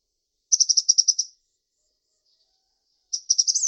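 Bird trilling in two quick bursts of high, rapidly repeated notes separated by a pause of nearly two seconds; nothing else heard.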